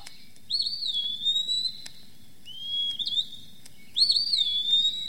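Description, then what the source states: Eastern Wood-Pewee dawn song: three high, clear, slurred whistled phrases with short pauses between them. Dawn song in June before first light, from the top of a large maple holding its nest; each bird improvises the order of the species' three typical phrases.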